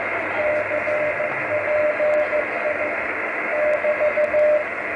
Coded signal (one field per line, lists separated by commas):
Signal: Morse code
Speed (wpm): 14 wpm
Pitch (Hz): 600 Hz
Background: radio noise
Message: CPI <BT>